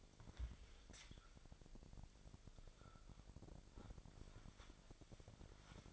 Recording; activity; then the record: daily activity, microphone in the room; wipe stove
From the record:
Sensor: 5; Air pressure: 1001.7 hPa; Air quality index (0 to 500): 178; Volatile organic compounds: 11 ppm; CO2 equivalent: 2276 ppm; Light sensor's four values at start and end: 23/80/30/31 and 24/82/31/32